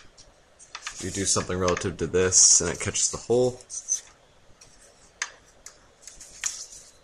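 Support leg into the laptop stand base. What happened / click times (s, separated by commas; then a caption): The support leg is being fitted but has not yet snapped home / none. Someone talks while fitting the support leg of an Ergostand laptop stand into its base, with the leg's peg catching a hole, and sharp plastic ticks and handling taps follow around 5.2 to 6.5 s. The leg has not yet snapped or seated into place.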